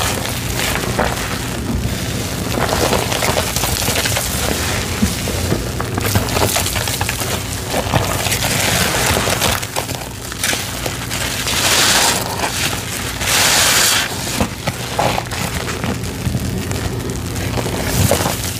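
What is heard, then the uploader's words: Wet sponges are squeezed, giving a dense, steady crackle and fizz of suds, with brighter squishy bursts around twelve and fourteen seconds. Sudsy Baking Soda Sponge Squeezing w/ Pine & Bon Ami! ASMR squeezing sponges with pine, baking soda, and dish soap suds.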